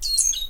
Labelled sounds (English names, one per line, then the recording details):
Stitchbird song
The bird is a male
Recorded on Tiritiri Matangi Island, New Zealand, in 2005
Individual 10, of nest box 12